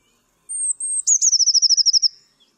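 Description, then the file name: Eurasian blue tit song: two high thin whistled notes, then a fast, steady trill of many sweet notes that fades out. "MODRASZKA"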